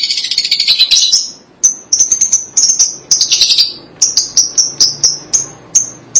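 Lovebird calls, harsh rattling chatter at first, then a long series of shrill chirps.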